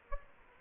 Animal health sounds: mosquito wingbeat signal from an infrared sensor; Aedes albopictus

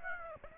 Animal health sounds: mosquito wingbeat signal from an infrared sensor; Aedes aegypti

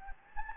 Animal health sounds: mosquito wingbeat signal from an infrared sensor; Anopheles gambiae

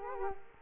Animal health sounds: mosquito wingbeat signal from an infrared sensor; Culex quinquefasciatus

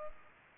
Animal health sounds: mosquito wingbeat signal from an infrared sensor; Culex pipiens

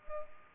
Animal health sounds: mosquito wingbeat signal from an infrared sensor; Culex pipiens

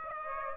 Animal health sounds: mosquito wingbeat signal from an infrared sensor; Aedes aegypti

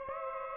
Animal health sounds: mosquito wingbeat signal from an infrared sensor; Aedes aegypti

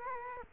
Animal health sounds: mosquito wingbeat signal from an infrared sensor; Culex quinquefasciatus

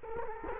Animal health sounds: mosquito wingbeat signal from an infrared sensor; Culex quinquefasciatus

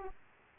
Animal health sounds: mosquito wingbeat signal from an infrared sensor; Aedes aegypti

